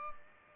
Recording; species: mosquito wingbeat signal from an infrared sensor; Culex pipiens